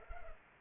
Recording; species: mosquito wingbeat signal from an infrared sensor; Culex pipiens